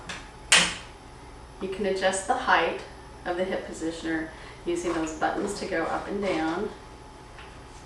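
The back ring section of the hip positioner on a Rifton Pacer gait trainer slides into the frame's handholds and locks in place, making a single short knock at 0.1 s. Someone then talks.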